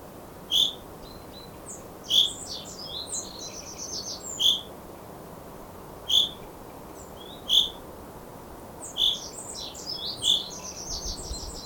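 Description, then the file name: Common chaffinch calling with short emphatic notes at irregular intervals of one to two seconds, mixed with quieter high chattering notes. "Fringilla coelebs"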